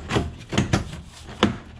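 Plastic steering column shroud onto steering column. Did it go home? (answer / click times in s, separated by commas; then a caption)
no / none. A plastic steering column shroud is handled and fitted onto a steering column. Short rubbing, scraping bursts are heard, with sharper knocks at about 0.6 s and 1.4 s. Nothing has seated or clicked into place yet.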